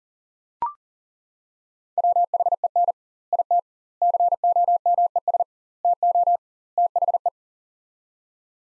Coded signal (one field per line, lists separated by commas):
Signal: Morse code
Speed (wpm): 40 wpm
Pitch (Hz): 700 Hz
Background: none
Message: WHEN IT COMES TO THE